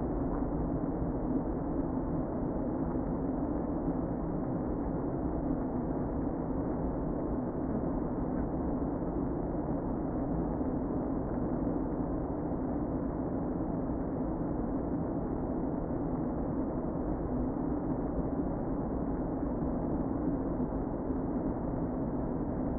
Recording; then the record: honeybee colony, microphone inside the hive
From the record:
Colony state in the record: queen present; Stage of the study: before two queens were removed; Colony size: about 60,000 bees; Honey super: yes